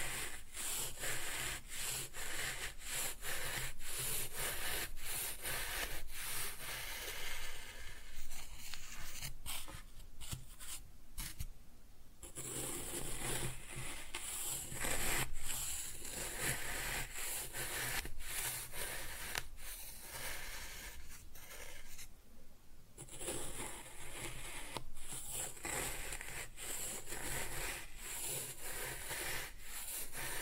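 Kinetic sand is cut and scooped in a dense, crackly rubbing that runs almost without pause, full of fine grainy crunches and quick ticks. Brief lulls come near twelve and twenty-three seconds before the steady scraping resumes.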